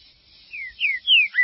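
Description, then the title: Green-winged saltator song: three clear, falling whistled notes in quick succession, each louder than the one before, ending on a short level note. "Trinca Ferro"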